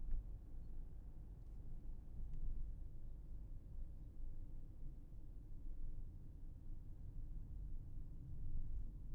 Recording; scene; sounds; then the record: everyday scene through a hearing-aid microphone; in a vehicle; engine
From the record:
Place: Berlingo II, diesel engine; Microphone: behind the ear, left, rear